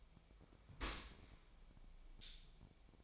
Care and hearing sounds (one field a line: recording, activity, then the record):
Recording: daily activity, microphone in the room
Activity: open dishwasher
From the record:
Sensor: 1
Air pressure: 1006.7 hPa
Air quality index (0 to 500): 208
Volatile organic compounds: 24 ppm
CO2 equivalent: 2808 ppm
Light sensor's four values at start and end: 12/32/12/14 and 12/32/12/14